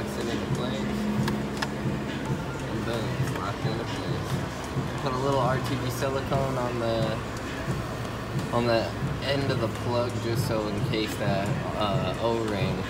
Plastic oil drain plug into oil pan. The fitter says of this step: And boom, it's locked into place.